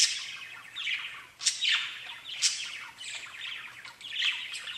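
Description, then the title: Budgerigar calls, rapid warbling interrupted by sharp descending chirps roughly every second, with scratchy squawks between. "Budgie Sounds"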